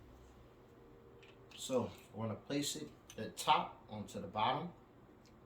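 During reassembly after cleaning a Colt 1911 Commander .45 caliber pistol, the oiled-up steel slide is placed onto the frame while someone talks over quiet background noise. Only faint handling sounds are heard, and the clip ends before the slide goes home, so nothing has seated or clicked yet.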